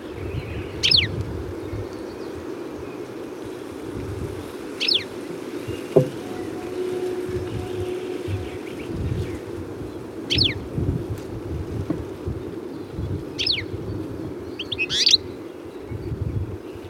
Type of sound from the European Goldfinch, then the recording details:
song. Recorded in captivity. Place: Kuchelmiß, Mecklenburg-Vorpommern, DE. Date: 1980-05-18. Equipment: Nagra III BH, Sennheiser MD 21, parabola. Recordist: Schubert, Michael